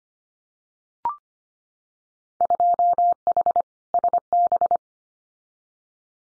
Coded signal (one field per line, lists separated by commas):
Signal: Morse code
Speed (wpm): 25 wpm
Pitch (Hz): 700 Hz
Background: none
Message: 2H SB